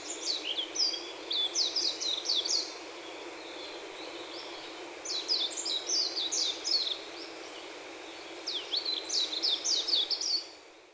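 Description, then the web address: Warbling white-eye song: three bursts of rapid, high, twittering warbles, each lasting about two seconds with pauses between, over a steady low background hiss. "bird song meziro"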